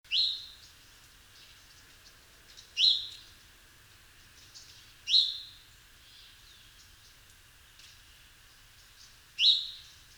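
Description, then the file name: House sparrow chirps, four single sharp high notes two to four seconds apart, faint chatter between them over quiet background hiss. "Passer domesticus"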